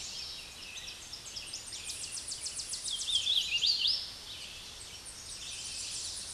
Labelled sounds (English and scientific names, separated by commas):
Hooded Warbler (Setophaga citrina) song